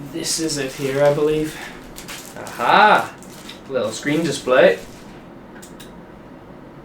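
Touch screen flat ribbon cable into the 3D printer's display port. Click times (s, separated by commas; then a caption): 5.8 s. Someone talks while pushing the flat flexible ribbon cable from a Bambu Lab X1 Carbon 3D printer's touch screen into its display port by pressing the terminal. A single soft click is heard at 5.8 s, and the cable is seated.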